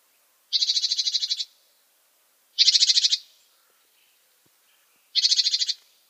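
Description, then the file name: Great tit harsh churring call: three buzzy, rattling bursts of about a dozen quick pulses each, roughly two seconds apart, in an otherwise quiet background. "Parus major"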